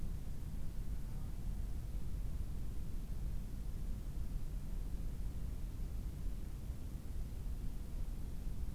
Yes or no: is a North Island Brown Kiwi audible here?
no